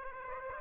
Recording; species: mosquito wingbeat signal from an infrared sensor; Aedes aegypti